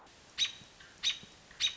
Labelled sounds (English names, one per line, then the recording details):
American Robin
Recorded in Sonoma County, California